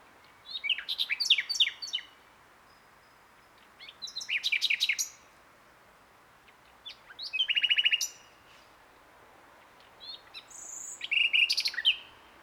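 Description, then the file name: Common nightingale song in four phrases separated by short pauses, mixing sharp repeated notes, a fast rattling trill and high whistles. "Luscinia megarhynchos"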